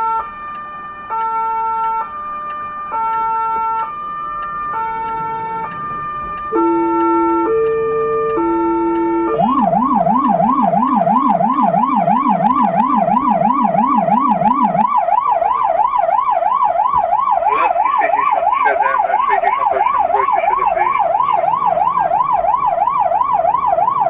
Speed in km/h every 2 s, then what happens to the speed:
5, 5, 8, 12, 4, 9, 0, 0, 0, 0, 10, 13.
12-19 standing. 19-24 pulls away to 13.